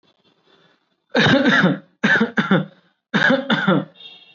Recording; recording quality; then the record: heavy voluntary cough; excellent, no background noise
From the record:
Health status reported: recovered from COVID-19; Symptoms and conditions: none ticked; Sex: male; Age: 24 years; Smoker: not ticked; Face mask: not worn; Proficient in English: yes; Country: India